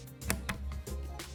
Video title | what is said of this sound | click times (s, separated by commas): Building Your First Budget Gaming PC - Full Build Guide | Okay. And you should hear a click on both sides. | 0.3 s, 0.5 s